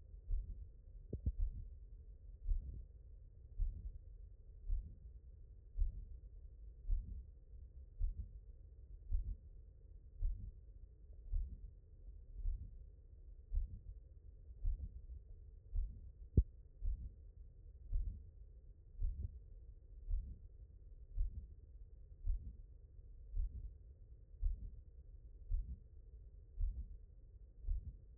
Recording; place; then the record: heart sounds by stethoscope; mitral valve (MV)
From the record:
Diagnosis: non-HFrEF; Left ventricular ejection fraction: 55%